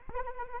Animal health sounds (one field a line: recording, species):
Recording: mosquito wingbeat signal from an infrared sensor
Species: Anopheles arabiensis